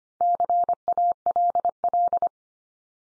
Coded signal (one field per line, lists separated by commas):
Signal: Morse code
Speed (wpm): 25 wpm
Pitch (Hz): 700 Hz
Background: none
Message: CALL